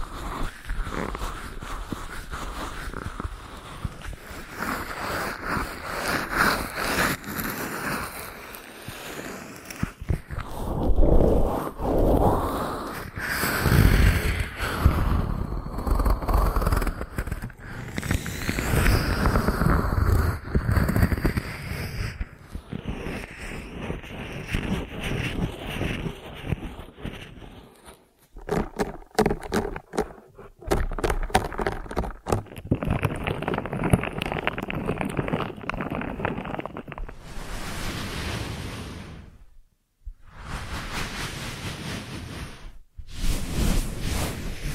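Ear massage sounds: dense rubbing and rustling that swells and fades in uneven strokes, heaviest in the first half. After about 27 seconds it turns choppier, with sudden pauses and silent gaps near 28, 38 and 43 seconds before the rubbing resumes.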